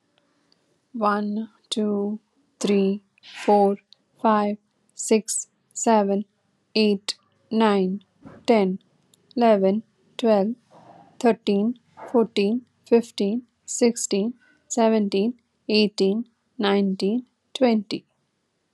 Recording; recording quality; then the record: counting at a normal pace; excellent, no background noise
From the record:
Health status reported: COVID-19 positive, mild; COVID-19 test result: positive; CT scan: not taken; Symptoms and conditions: cold, fever, fatigue, hypertension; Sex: female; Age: 54 years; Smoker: no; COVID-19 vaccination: both doses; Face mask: not worn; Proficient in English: yes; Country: India